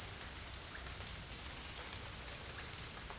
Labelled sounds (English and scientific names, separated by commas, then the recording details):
none
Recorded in dense forest near Puerto Asís, Putumayo, Colombia, on 22 December 2024 at 07:00
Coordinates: 0.468, -76.322
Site G071